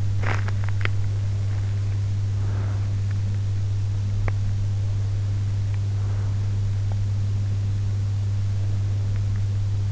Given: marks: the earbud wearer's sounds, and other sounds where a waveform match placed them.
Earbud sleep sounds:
sounds in sleep by an in-ear microphone; teeth grinding, breath
0.00-1.16 s: teeth grinding
2.13-3.29 s: breath
4.07-4.52 s: teeth grinding
6.65-7.17 s: teeth grinding

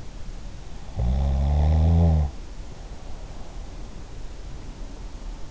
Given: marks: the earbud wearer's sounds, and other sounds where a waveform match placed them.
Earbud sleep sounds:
sounds in sleep by an in-ear microphone; snoring breath
0.77-3.79 s: snoring breath

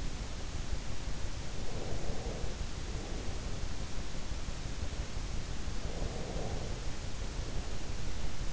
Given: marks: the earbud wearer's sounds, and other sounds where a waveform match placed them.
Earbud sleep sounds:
sounds in sleep by an in-ear microphone; breath
1.61-4.03 s: breath
5.65-8.53 s: breath

